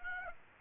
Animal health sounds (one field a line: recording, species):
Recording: mosquito wingbeat signal from an infrared sensor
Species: Aedes aegypti